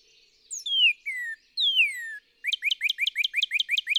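Northern cardinal song: three down-slurred whistles, then a fast repeated trill of short rising chips.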